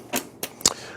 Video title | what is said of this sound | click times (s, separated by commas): Corsair Obsidian Series 900D Case Review - PC Perspective | Uh and it just kind of uh snaps back into place. | 0.7 s